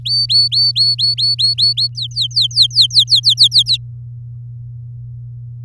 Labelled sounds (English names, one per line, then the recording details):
Domestic Canary song
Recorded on 7 May 2018 at 16:03
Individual llb16